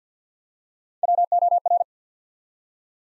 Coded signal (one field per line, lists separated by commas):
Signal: Morse code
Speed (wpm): 50 wpm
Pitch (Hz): 700 Hz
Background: none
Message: WOR